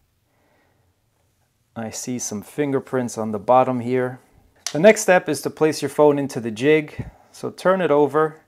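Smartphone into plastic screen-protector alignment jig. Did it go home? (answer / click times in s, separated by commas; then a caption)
no / none. A Samsung S24 Ultra smartphone is being handled so it can be turned over and placed into the plastic alignment jig for a Whitestone Dome Glass screen protector install. After about 1.7 seconds of near silence, someone talks for the rest of the clip. Nothing has seated or clicked yet.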